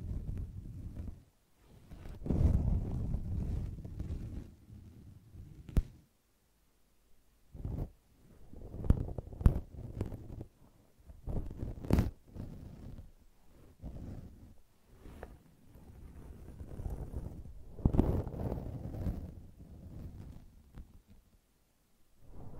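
Brushing and scratching in uneven bursts, mostly low and rumbly with a soft hiss on top. Longer rough passes come around 2–4 and 17–20 seconds, with short sharp taps or clicks near 6, 9, 12 and 15 seconds, separated by near-silent pauses.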